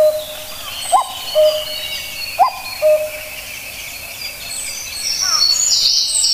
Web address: birds kakkou